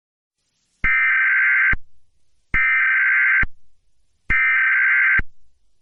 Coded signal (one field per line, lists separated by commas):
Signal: Emergency Alert System (SAME) tones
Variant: header bursts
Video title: Mini EAS Scenario. The Intruder Part 2